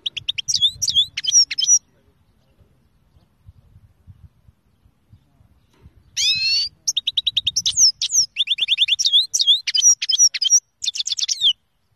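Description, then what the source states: Finch song with stuttered whistled notes and quick downslurred chirps, a pause, then a buzzy phrase and a long, lively stream of repeated high trills. Kermani finch, from Kerman.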